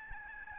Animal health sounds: mosquito wingbeat signal from an infrared sensor; Aedes albopictus

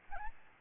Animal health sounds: mosquito wingbeat signal from an infrared sensor; Aedes albopictus

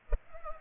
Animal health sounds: mosquito wingbeat signal from an infrared sensor; Culex pipiens

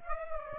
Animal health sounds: mosquito wingbeat signal from an infrared sensor; Aedes aegypti

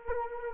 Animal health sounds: mosquito wingbeat signal from an infrared sensor; Anopheles arabiensis

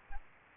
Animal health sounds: mosquito wingbeat signal from an infrared sensor; Aedes aegypti

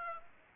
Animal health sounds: mosquito wingbeat signal from an infrared sensor; Aedes aegypti

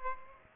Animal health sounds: mosquito wingbeat signal from an infrared sensor; Aedes aegypti

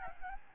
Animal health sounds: mosquito wingbeat signal from an infrared sensor; Aedes albopictus

